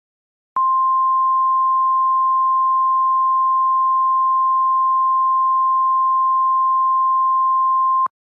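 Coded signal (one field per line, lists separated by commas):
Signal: Emergency Alert System (SAME) tones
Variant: 1050 Hz attention tone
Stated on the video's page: Fictional EAS scenario, a remake of an earlier simulated alert.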